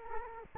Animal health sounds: mosquito wingbeat signal from an infrared sensor; Culex quinquefasciatus

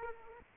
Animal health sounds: mosquito wingbeat signal from an infrared sensor; Aedes aegypti

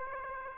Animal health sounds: mosquito wingbeat signal from an infrared sensor; Aedes aegypti

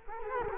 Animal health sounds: mosquito wingbeat signal from an infrared sensor; Culex quinquefasciatus

